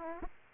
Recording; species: mosquito wingbeat signal from an infrared sensor; Aedes aegypti